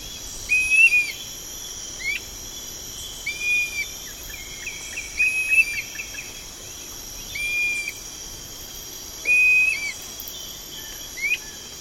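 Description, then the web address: Dusky-capped flycatcher giving short, plaintive whistled notes, slightly arched, repeated about every two seconds over a steady high insect drone. Recorded in the eastern lowlands of South America. "S America Eastern Lowlands 413 Dusky-capped Flycatcher"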